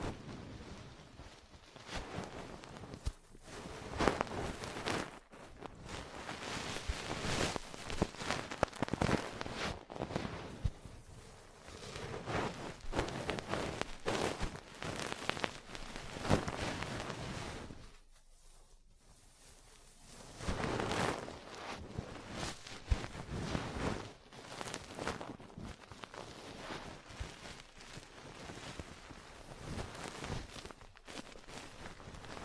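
Ear cleaning, massage and tapping sounds: a dense run of quick crackly taps and rubs, bright and sharp, continuing with little pause. The activity softens to a quieter, sparser stretch around 18 to 20 seconds, then resumes just as busily.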